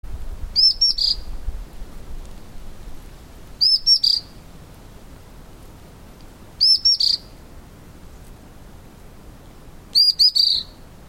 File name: fulvetta-white-browed Fulvetta-vinipectus